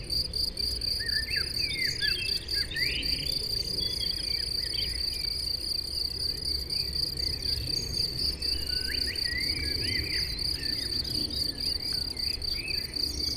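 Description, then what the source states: Crickets sing a continuous high pulsing trill; birds add brief chirps and slurred notes, over a faint low hum of traffic. Chorus of crickets in a sunny west-facing sloping meadow at Chindrieux, France, with birds singing in surrounding trees and traffic noise from the nearby road.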